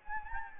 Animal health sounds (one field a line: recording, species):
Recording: mosquito wingbeat signal from an infrared sensor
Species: Anopheles gambiae